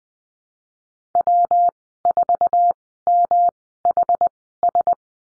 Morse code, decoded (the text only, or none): W4MHS